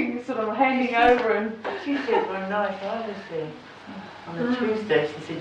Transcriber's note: much discussion